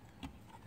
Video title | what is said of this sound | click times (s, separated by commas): How to replace sync 3 apim | push it in tell you hear a little click and you're ready to go ahead and put it back in the vehicle | 0.2 s